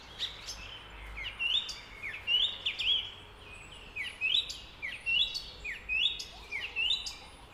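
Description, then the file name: Redwing song: a whistled phrase followed by brief scratchy twitter, repeated many times at roughly one per second. "Drozdziczek"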